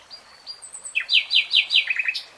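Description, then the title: Nightingale song: thin high whistles followed by four loud, bright downslurred notes and a short trailing twitter. "[Tiếng chim hót] 3 Hours REALTIME Nightingale Singing"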